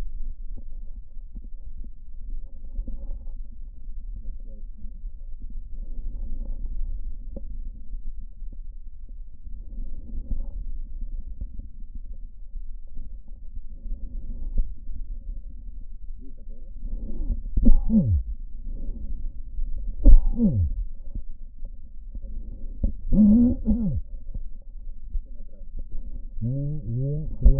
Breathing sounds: lung sounds by stethoscope; right posterior basal chest; quiet breathing, then cough and speech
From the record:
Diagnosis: pulmonary infection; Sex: male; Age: 54 years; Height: 187 cm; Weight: 95 kg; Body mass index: 27.2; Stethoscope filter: diaphragm mode

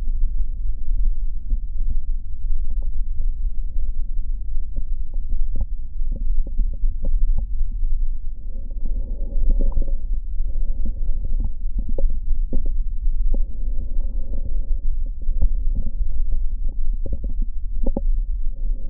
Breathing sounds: lung sounds by stethoscope; left posterior basal chest; quiet breathing, then deep breathing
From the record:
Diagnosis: interstitial lung disease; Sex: male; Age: 66 years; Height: 172 cm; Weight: 107.6 kg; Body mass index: 36.4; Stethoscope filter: diaphragm mode

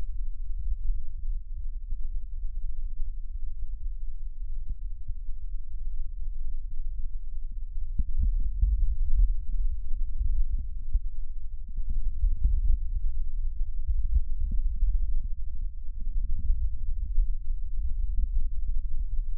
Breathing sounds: lung sounds by stethoscope; right posterior basal chest; quiet breathing, then deep breathing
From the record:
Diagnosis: COPD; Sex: male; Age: 77 years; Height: 172 cm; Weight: 94 kg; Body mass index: 31.8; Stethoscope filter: bell mode

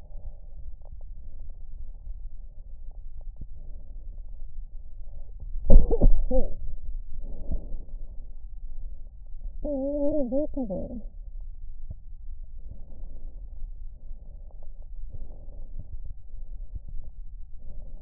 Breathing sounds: lung sounds by stethoscope; left posterior basal chest; quiet breathing, then cough and speech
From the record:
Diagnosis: interstitial lung disease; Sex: female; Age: 61 years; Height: 155 cm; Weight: 75.5 kg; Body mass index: 31.4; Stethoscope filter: extended mode

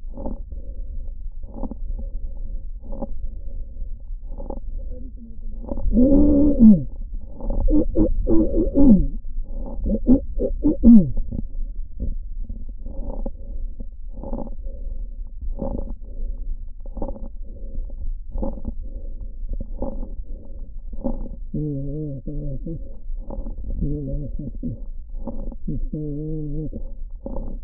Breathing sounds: lung sounds by stethoscope; trachea; quiet breathing, then cough and speech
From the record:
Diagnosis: interstitial lung disease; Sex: male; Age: 72 years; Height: 167 cm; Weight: 74 kg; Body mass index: 26.5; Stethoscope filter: diaphragm mode

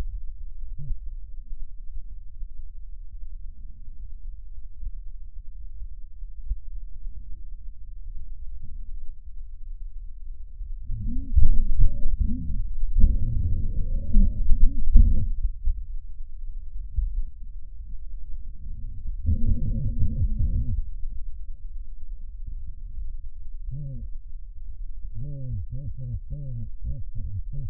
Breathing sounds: lung sounds by stethoscope; left anterior apical chest; quiet breathing, then cough and speech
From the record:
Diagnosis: pulmonary infection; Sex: male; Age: 74 years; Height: 171 cm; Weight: 80 kg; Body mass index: 27.4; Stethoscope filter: bell mode

